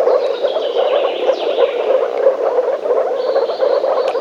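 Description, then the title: Frogs croak together in a pulsing chorus, regular low beats throughout, with thin high whistles running alongside. Frogs calling in a forest. "лягушки (frogs in the forest)"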